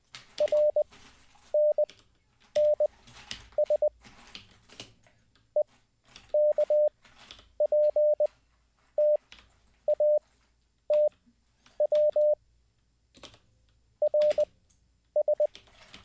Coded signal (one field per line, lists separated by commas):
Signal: Morse code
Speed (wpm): 20 wpm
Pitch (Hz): 600 Hz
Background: none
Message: RNNS EKPTATW RS